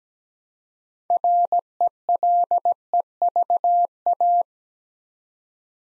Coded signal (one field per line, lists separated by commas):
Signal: Morse code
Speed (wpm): 17 wpm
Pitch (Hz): 700 Hz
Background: none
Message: RELEVA